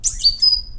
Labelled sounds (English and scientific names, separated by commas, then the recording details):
Stitchbird (Notiomystis cincta) song
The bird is a male
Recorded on Tiritiri Matangi Island, New Zealand, in 2005
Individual 11, of nest box 13